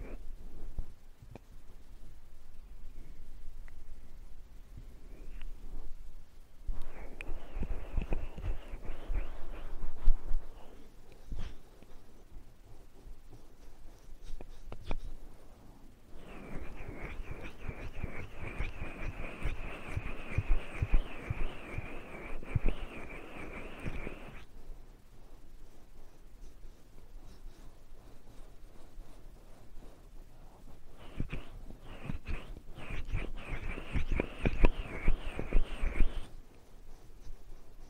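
Ear cleaning and massage sounds: dense, scratchy rubbing comes in bursts around 7–11, 16–24 and 31–36 seconds, with a bright crackly edge. Between bursts it drops to soft taps, faint shuffles and quiet handling noise.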